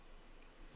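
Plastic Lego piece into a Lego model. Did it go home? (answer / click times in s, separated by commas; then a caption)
no / none. A small plastic Lego piece is handled and pressed onto a Lego Arkham Asylum model during the bag 9 build, with only a faint, steady low hiss and no distinct impacts. The piece has not clipped into place yet; nothing has seated or clicked.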